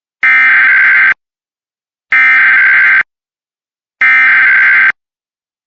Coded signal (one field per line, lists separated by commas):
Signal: Emergency Alert System (SAME) tones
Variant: header bursts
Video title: North Carolina BlueAlert for armed and dangerous man (EAS 49)